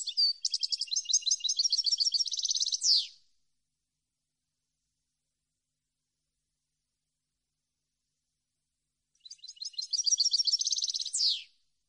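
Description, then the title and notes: European goldfinch song: two bursts of rapid twittering liquid trills and chips, each ending in a downslurred buzzy note, separated by a long silence. Clean goldfinch song for song copying (training). "canto de jilguero limpio para copia"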